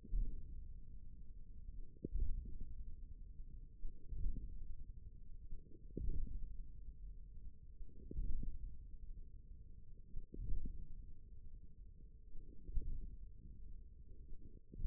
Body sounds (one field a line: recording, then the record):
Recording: forearm muscle sounds (acoustic myography)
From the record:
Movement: radial deviation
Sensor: system 1, eight BSWA MPA416 microphones around the upper forearm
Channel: 4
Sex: male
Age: 41 years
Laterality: right